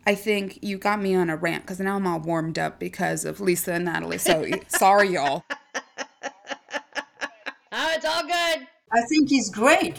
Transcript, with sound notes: I think you got me on a rant because now I’m all warmed up because of Lisa and Nathalie. So sorry y’all. (laughs)
it’s all good.
I think it’s great.